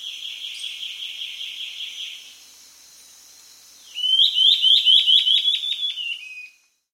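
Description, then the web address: Rufous-throated antbird song: a soft, fast series of buzzy notes, a pause, then a louder burst of rapid, raspy whistles that trail off. Recorded in South America. "Natures Songs S America Rufous-Throated Antbird"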